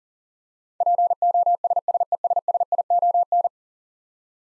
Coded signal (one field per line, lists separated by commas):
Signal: Morse code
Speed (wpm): 40 wpm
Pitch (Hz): 700 Hz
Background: none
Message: POSSESSION